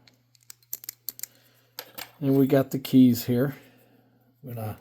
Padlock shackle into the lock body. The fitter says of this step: We're going to give it a little click shut.